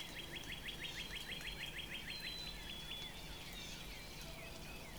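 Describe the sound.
Northern Cardinal song: a rapid run of slurred whistled notes for the first half, then quieter calls and thin whistles from other birds over noise.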